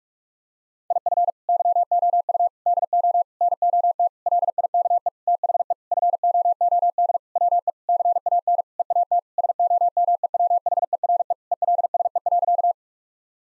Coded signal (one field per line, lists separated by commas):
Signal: Morse code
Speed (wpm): 46 wpm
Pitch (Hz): 700 Hz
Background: none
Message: IF YOU DO NOT LIKE THE FOOD WE CAN EAT SOMEWHERE ELSE.